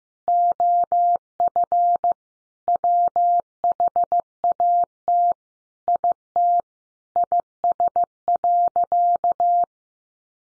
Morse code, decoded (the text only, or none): OF WHAT IT IS.